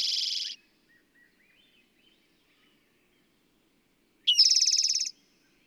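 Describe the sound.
Bird singing, opening with the end of a buzzy trill, then faint scattered chirps, then a loud, rapid rattling trill near the close.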